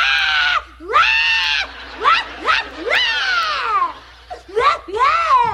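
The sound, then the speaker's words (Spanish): A piglet squeals over and over in loud, shrill bursts, about eight cries that rise and fall in pitch, some short and others drawn out, with no talking. “Oigan que el lechón pone viejera.”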